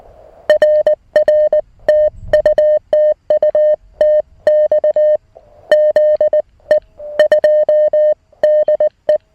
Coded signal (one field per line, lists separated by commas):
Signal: Morse code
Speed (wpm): 19 wpm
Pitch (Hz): 590 Hz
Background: music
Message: RR TU TU TX ZE 2 DE